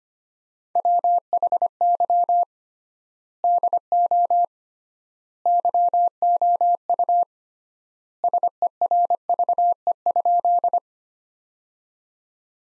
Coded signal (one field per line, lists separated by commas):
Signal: Morse code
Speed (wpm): 25 wpm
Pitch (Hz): 700 Hz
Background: none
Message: WHY DO YOU SERVE?